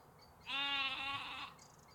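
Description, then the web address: Sheep giving one steady, harmonic bleat lasting about a second, with faint background hiss. Sheep and lambs recorded in canals, parks and forests in the UK. "344 Audio- UK Canals, Parks Forests Sheeps Lamps"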